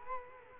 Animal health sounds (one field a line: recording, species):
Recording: mosquito wingbeat signal from an infrared sensor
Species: Culex quinquefasciatus